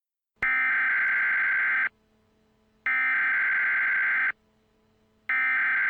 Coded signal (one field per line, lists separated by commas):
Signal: Emergency Alert System (SAME) tones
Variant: header bursts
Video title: EAS Scenario - Economic Riot